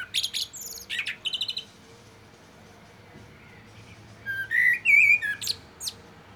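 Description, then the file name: Common blackbird song: high scratchy twitters, a quiet pause, then mellow whistled notes rising into a warbled phrase and more thin squeaky notes. "Turdus merula"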